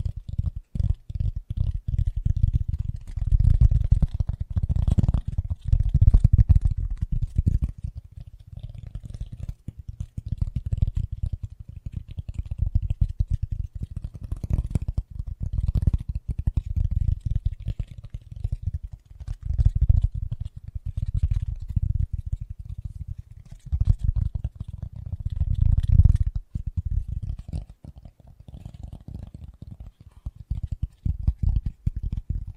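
Fast, gentle tapping runs without a break for the whole stretch, a dense patter of soft, muffled strikes sitting mostly in the low, thuddy range. Faint brighter clicks flicker above it, and the pace and loudness swell and ease slightly every few seconds.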